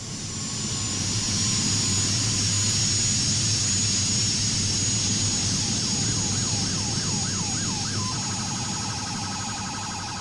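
A jet airplane landing in India, its engines a loud, steady roar topped by a high whine, with a brief warbling electronic tone rising and falling in the second half.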